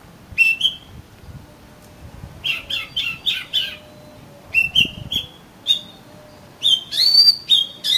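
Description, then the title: Oriental magpie-robin song: clear whistled notes around the upper register, given in short bursts and pairs, some sliding, with pauses between phrases. "Kacer Kacer"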